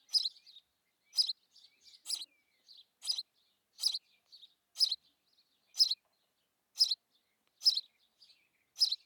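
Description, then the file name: House sparrow chirping in a rhythmic series, about one chirp each second, interspersed with quieter twittering notes. "Passer domesticus"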